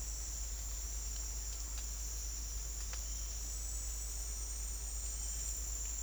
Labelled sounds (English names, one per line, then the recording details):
none
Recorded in secondary vegetation near Puerto Asís, Putumayo, Colombia, on 20 December 2024 at 08:00
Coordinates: 0.484, -76.319
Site GP06